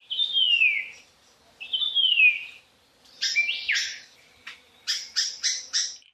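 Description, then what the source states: White-eared Monarch calling: two clear descending whistles, then harsher buzzy notes and a quick series of four rasping chirps. Rare, endangered species observed on Sleeping Lizard Mountain (North Lismore Plateau), land threatened by residential development.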